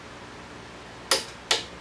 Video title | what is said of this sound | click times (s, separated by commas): MICHAEL HEIT PROPELLER INSTALLATION | to get the click | 1.1 s, 1.5 s